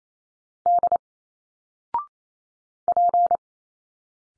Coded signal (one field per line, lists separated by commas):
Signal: Morse code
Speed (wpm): 28 wpm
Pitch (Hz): 700 Hz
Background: none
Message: D P